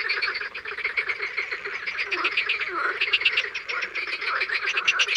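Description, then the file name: Frogs and toads in a loud chorus, many overlapping pulsed croaks and rattling trills. Recorded in the morning. "BATRACIENS AU MATIN"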